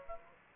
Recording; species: mosquito wingbeat signal from an infrared sensor; Aedes aegypti